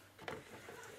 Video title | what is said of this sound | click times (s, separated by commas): Slurpee 7-Eleven Motorized Frozen Drink Maker, 2005 SpinMaster Toys | and slide it into place. You'll hear it click there. Okay. | 0.3 s